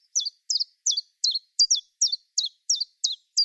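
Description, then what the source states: Common chiffchaff song: a steady run of short, high, sharp notes repeated about three times a second, slightly uneven in pitch, with no other sounds. Song varies between chiff-chaff and chof notes, without the metronomic seesaw quality of a great tit; song is the source of the English name.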